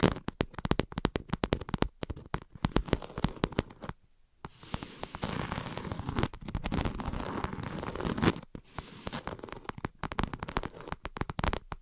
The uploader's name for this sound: Invisible Tapping and Scratching